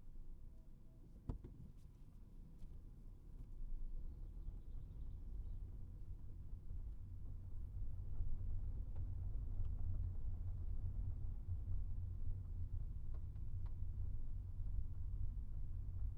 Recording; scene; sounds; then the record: everyday scene through a hearing-aid microphone; in a vehicle; engine, rumble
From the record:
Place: Skoda Fabia, gasoline engine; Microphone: behind the ear, right, front